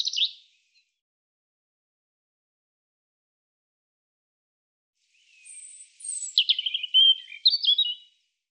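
European robin song: a brief high fragment at the start, silence, then a longer phrase of thin whistles sliding into quick, twittering, descending notes.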